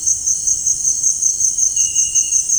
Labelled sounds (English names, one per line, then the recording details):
none
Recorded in dense forest near Puerto Asís, Putumayo, Colombia, on 25 June 2025 at 18:00
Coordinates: 0.481, -76.323
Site G072